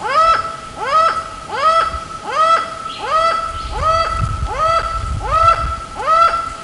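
Laughing falcon giving a steady series of single harmonic notes that rise and then hold, repeated roughly every three quarters of a second.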